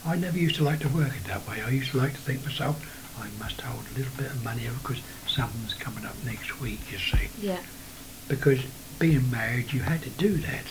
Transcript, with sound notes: I never used to like to work it that way. I used to like to think to myself, I must hold a little bit of money, [whispering voice] because something's coming up next week,
Yeah.
Because being married you had to do that!